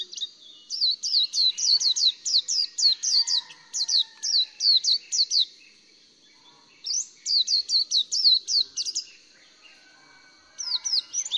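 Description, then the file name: Swinhoe's white-eye song: fast bursts of high, sweet, down-slurred chirps, about four a second, given in two long runs with a short pause between, then a brief third start. "綠繡眼"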